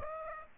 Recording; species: mosquito wingbeat signal from an infrared sensor; Aedes aegypti